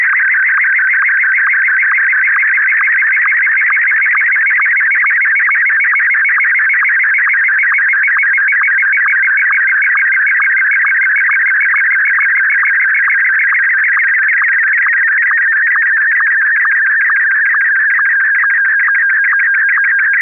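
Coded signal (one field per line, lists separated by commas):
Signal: SSTV (slow-scan television)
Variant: Martin 1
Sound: warbling, chirping tone with a steady rhythmic tick about twice a second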